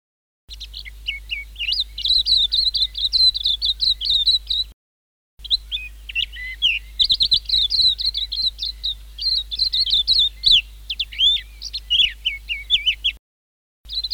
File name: suara kicauan burung kacamata perak. omkicau